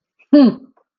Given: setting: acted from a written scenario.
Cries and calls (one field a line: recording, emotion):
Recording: vocal sound without words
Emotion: anger